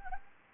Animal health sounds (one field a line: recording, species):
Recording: mosquito wingbeat signal from an infrared sensor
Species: Anopheles gambiae